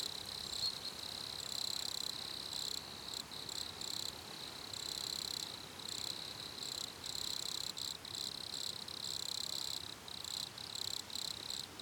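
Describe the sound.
Cricket chirping in repeated pulsed trills of varying length, high and buzzy, broken by short pauses throughout, with steady background hiss.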